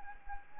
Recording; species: mosquito wingbeat signal from an infrared sensor; Anopheles arabiensis